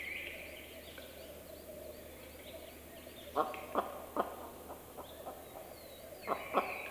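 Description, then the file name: Western capercaillie hen uttering short bursts of hard, knocking clucks after a quiet start, set against faint high songbird whistles. Female bird. "Digiffects Sound Effects Library - Female Capercaillie Call"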